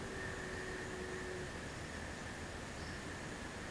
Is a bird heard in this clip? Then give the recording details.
no. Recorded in secondary vegetation near Puerto Asís, Putumayo, Colombia, on 13 March 2025 at 12:30. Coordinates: 0.498, -76.327. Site G001